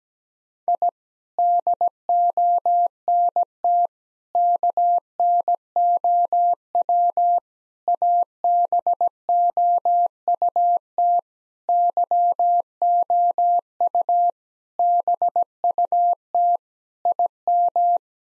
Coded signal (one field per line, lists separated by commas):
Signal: Morse code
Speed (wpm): 17 wpm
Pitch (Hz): 700 Hz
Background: none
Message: I DONT KNOW ABOUT YOU BUT IM